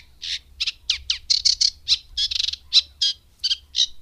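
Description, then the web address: Eurasian reed warbler singing a rapid, grating chatter of varied harsh notes, a few buzzy trills mixed among clipped chirps. "Madardalok Cd 3 Cserregő nádiposzáta"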